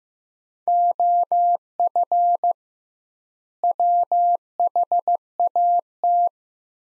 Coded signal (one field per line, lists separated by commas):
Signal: Morse code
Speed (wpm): 15 wpm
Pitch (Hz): 700 Hz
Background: none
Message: OF WHAT